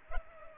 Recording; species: mosquito wingbeat signal from an infrared sensor; Culex pipiens